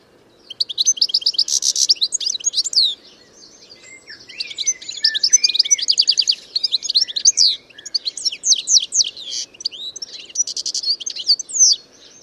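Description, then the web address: Bird singing repeated bursts of rapid, high chittering trills and sweeping notes, three long phrases separated by short pauses. "Bird Only"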